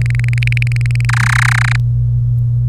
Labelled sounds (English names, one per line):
Domestic Canary song